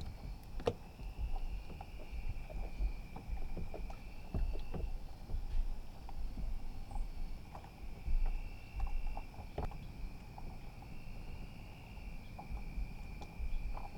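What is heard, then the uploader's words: Water laps gently against a small dock at night, with soft irregular knocks and splashes over steady high insect trilling in the background. Water Touching Gently A Small Dock at Night.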